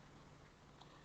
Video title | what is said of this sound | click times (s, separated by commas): Vérifs int et ext Toyota Yaris Cross | on a appuie tête et je tire vers le haut on attend les clics ici | 0.8 s